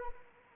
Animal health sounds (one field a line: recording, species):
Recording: mosquito wingbeat signal from an infrared sensor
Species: Anopheles arabiensis